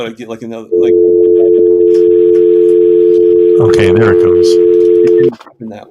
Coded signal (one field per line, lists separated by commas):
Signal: telephone call progress tone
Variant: North America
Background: speech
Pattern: dial tone